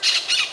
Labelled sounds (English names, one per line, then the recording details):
Brown-throated Parakeet contact call
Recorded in Venezuela
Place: Ocumare, La Boca, salina
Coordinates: 10.488, -67.763